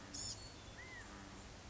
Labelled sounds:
Blue-gray Gnatcatcher (Polioptila caerulea)
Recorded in Sonoma County, California

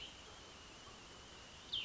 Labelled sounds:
Cassin's Vireo (Vireo cassinii)
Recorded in Sonoma County, California

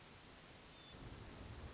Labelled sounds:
Hermit Thrush (Catharus guttatus)
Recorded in Sonoma County, California

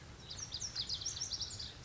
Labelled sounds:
Lazuli Bunting (Passerina amoena)
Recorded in Sonoma County, California

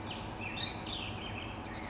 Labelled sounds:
Chestnut-backed Chickadee (Poecile rufescens)
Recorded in Sonoma County, California

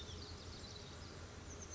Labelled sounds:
Oak Titmouse (Baeolophus inornatus)
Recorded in Sonoma County, California

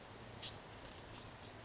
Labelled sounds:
Bewick's Wren (Thryomanes bewickii)
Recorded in Sonoma County, California

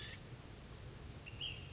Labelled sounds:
Ash-throated Flycatcher (Myiarchus cinerascens)
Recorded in Sonoma County, California

